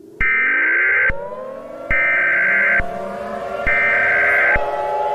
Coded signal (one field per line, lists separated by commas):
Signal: Emergency Alert System (SAME) tones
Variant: header bursts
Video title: Nuclear Attack 2 (EAS Scenario)